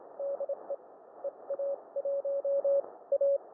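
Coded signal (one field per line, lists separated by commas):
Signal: Morse code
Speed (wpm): 27 wpm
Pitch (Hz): 560 Hz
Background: none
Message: DE EA1A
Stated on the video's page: Field CW sent on a K1 radio at the beach on a very windy day, in challenging conditions.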